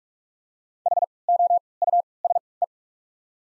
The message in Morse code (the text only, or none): HOUSE